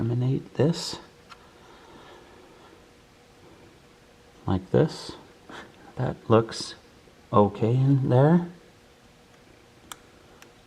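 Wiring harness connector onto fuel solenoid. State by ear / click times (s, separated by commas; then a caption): seated / 9.9 s. A plastic wiring harness connector is pushed onto the new fuel solenoid of an Exmark zero-turn mower while someone talks. A sharp, brief click at 9.9 s marks the connector latching, and it is seated.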